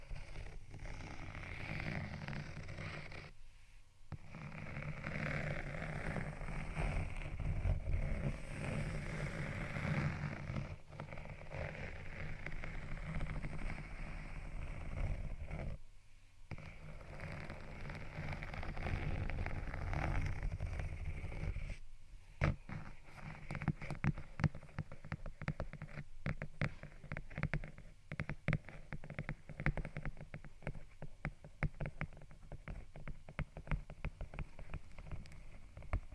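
Scratching and tapping on textured items runs over a steady low beat. The first twenty seconds are a dense, continuous rasp with short gaps near 4 and 16 seconds. After about 22 seconds it turns into rapid, sharp clicks and taps that continue to the end.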